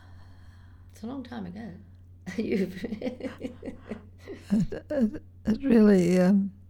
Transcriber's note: laughs